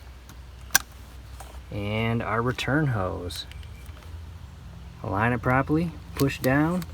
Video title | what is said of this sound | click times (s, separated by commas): How to replace Chevy Cruze Water Outlet Valve - FAST & EASY! | the electrical connection point push until you hear it click | 0.8 s